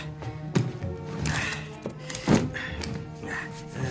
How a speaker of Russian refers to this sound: Друзья спешно закрывают перед мужчиной дверь.